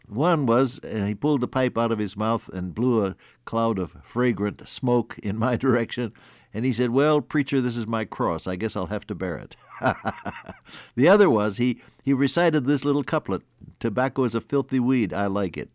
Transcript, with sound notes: one was, and he pulled the pipe out of his mouth and blew a cloud of fragrant smoke in my direction, and he said, “Well preacher, this is my cross. I guess I’ll have to bear it.” (Laughs) The other was he, he recited this little couplet: “Tobacco’s a filthy weed, I like it;